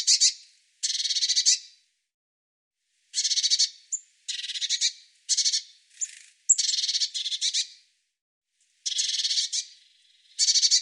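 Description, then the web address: Bird song of repeated short, high, fast-pulsed buzzy trills, some clipped and stuttering, with brief thin chips between phrases and no other sounds. "cianscape birddata Deverinetal 2025 Bird Cy Ca"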